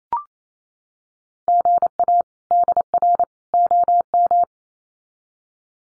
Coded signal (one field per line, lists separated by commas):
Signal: Morse code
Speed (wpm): 28 wpm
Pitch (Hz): 700 Hz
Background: none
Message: GA DR OM